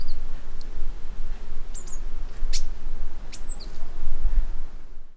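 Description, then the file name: Eurasian blue tit: a few scattered high, thin call notes and sharp clicks over a few seconds, against a soft low rumble. "Cyanistes caeruleus"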